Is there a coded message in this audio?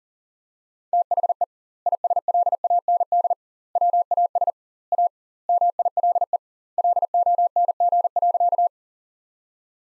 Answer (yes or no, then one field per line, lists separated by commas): yes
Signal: Morse code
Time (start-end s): 0.9-8.7 s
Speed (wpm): 37 wpm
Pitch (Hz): 700 Hz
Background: none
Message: THE ISLAND WAS A MILE LONG.